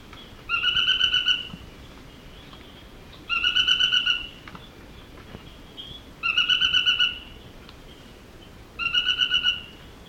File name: Scytalopus vicinior - Narino Tapaculo